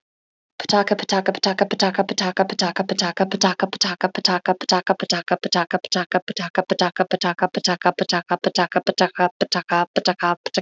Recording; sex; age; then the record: repeated syllables /pa ta ka/; female; 30 to 39 years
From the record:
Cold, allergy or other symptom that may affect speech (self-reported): no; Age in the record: 34 years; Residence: Nebraska, United States